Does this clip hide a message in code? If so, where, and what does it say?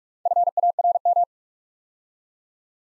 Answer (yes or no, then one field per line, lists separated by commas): yes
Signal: Morse code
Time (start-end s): 0.3-1.2 s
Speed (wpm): 44 wpm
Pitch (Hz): 700 Hz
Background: none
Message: FARM